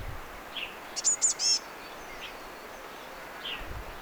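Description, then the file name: Eurasian blue tit giving a short run of three piercing high notes, with brief softer slurred chips before and after it, over light background hiss. "Cyanistes caeruleus"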